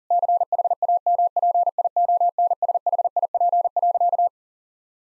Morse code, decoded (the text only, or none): CHAMPIONSHIP.